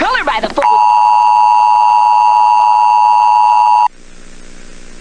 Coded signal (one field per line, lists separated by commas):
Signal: Emergency Alert System (SAME) tones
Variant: 853 and 960 Hz attention tone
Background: speech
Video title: Eas Scenario Movie EXTENDED CUT - "The Silent Invasion"